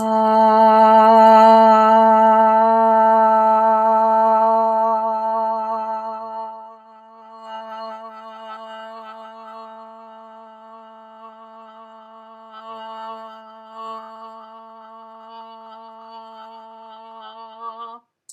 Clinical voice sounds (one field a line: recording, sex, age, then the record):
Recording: vowel held as long as possible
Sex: female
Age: 60 to 69 years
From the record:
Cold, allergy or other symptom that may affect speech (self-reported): no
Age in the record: 63 years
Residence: North Carolina, United States